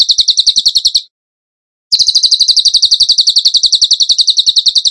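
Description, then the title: Bird song: quick pulsed high trill, a pause under a second, then a longer steady stream of sharp repeated chirps. Masteran training recording for songbirds, tembakan gacor song style. "Masteran Burung Tembakan Gacor"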